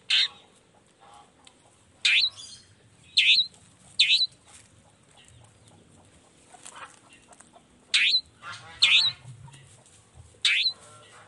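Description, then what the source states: Long-tailed shrike uttering loud, harsh, scratchy notes singly at irregular intervals. Shrike in full song in the morning, used to stimulate lazy, silent shrikes to start singing; 'toet toet' sound variation.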